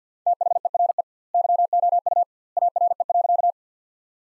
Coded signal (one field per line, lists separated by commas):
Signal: Morse code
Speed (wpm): 45 wpm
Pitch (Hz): 700 Hz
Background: none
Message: THERE YOU ARE.